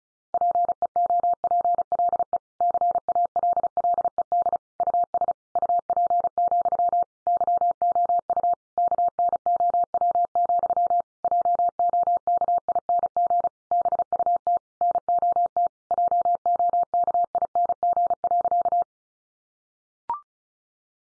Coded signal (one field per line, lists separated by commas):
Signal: Morse code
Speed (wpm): 34 wpm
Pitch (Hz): 700 Hz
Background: none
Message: PEOPLE CALLED US UP, YOU KNOW, JOKING BUT NOT JOKING.